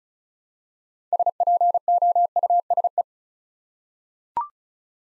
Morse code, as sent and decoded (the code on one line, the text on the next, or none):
... .--. --- ..- ... .
SPOUSE